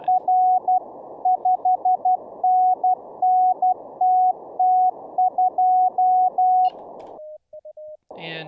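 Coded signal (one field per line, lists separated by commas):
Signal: Morse code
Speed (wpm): 12 wpm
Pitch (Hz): 740 Hz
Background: none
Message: R 5NNTT2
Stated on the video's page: Morse practice during a live-streamed daily CW learning session.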